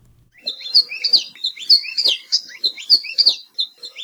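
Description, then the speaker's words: Maui creeper song: a rapid jumble of high, sweet chirps and short slurred whistles in a lively, continuous run. Song; small insectivorous hopping honeycreeper found only on Maui, Hawaii; females olive green, adult males mostly bright yellow; both sexes have short straight bills. "On today's Manu Minute, we've got the song of a little hopping honeycreeper found only on Maui."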